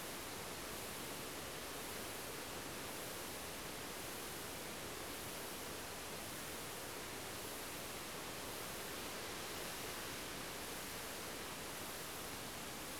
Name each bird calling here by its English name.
none